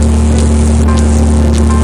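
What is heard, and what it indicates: A steady, unbroken low buzzing hum runs under a constant hiss for about two seconds, with no pauses or changes in loudness. This is a simulated tinnitus sound, reproducing the continuous buzzing heard in the ears; in severe tinnitus this sound persists and will not stop without treatment.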